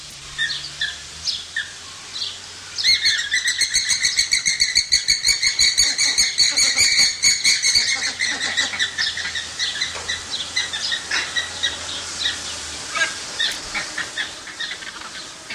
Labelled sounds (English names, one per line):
Andean Flamingo call